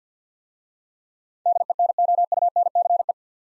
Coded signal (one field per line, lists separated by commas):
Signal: Morse code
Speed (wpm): 52 wpm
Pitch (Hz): 700 Hz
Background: none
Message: DENOUNCE